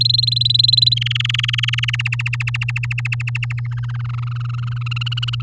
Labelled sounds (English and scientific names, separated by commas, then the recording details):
Domestic Canary (Serinus canaria) song
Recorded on 9 May 2018 at 05:59
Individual llb16